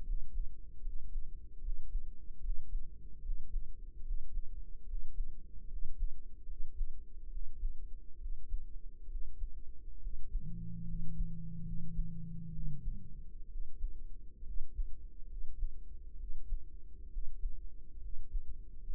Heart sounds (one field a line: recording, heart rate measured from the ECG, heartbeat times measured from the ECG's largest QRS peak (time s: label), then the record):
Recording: heart sounds by microphone in the right ear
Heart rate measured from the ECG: 70 bpm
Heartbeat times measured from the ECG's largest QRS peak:
0.01 s: heartbeat
0.79 s: heartbeat
1.58 s: heartbeat
2.38 s: heartbeat
3.19 s: heartbeat
4.00 s: heartbeat
4.83 s: heartbeat
5.66 s: heartbeat
6.44 s: heartbeat
7.27 s: heartbeat
8.16 s: heartbeat
9.05 s: heartbeat
9.97 s: heartbeat
10.82 s: heartbeat
11.61 s: heartbeat
12.49 s: heartbeat
13.46 s: heartbeat
14.41 s: heartbeat
15.25 s: heartbeat
16.14 s: heartbeat
17.07 s: heartbeat
17.97 s: heartbeat
18.82 s: heartbeat
From the record:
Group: healthy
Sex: male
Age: 20 years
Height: 167 cm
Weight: 61 kg